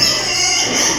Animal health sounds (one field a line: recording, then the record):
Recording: squeal of a Yucatan mini pig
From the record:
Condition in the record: before surgery on the right vocal fold (resection and tissue-engineered implant)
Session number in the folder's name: 2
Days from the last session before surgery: 0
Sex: male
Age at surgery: 12 weeks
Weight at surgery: 13 kg